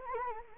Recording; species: mosquito wingbeat signal from an infrared sensor; Anopheles arabiensis